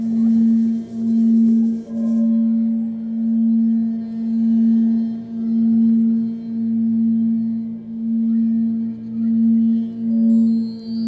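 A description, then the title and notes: Crystal bowls ring with a steady low tone that swells and dips in regular pulses, roughly once a second, through the whole stretch. Fainter overtones hover above it, and a bright hiss fades out in the first two seconds. Chrystal Bowls I recorded upstairs in the Integratron during a sleepover. Crystal Bowls - Integratron.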